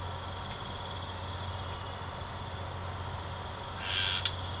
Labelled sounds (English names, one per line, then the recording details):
none
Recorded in secondary vegetation near Puerto Asís, Putumayo, Colombia, on 24 March 2025 at 04:30
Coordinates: 0.468, -76.324
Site G059